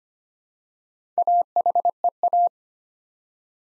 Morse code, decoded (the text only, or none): AHEA